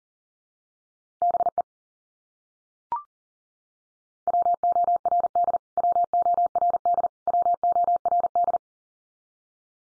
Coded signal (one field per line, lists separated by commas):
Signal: Morse code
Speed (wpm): 40 wpm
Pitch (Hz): 700 Hz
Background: none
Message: BE WORD WORD WORD